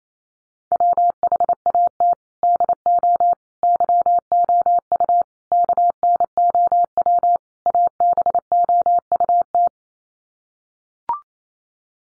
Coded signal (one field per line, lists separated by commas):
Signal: Morse code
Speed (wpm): 28 wpm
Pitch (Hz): 700 Hz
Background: none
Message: WHAT DO YOU KNOW ABOUT